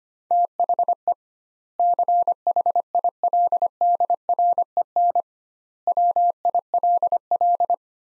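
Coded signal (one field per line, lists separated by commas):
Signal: Morse code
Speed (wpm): 25 wpm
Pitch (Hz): 700 Hz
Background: none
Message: THE CHILDREN WILL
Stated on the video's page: Practice sentences from top 300 words at 25 wpm with 2x word-spacing, a word-based approach analogous to Farnsworth.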